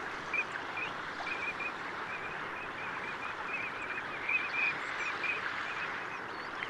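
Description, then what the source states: Eurasian teal whistles, short high clipped notes in loose bursts, over a steady rushing background. Male calling from a forest pond on a spring evening; wistful call known in Finnish as kilkatus.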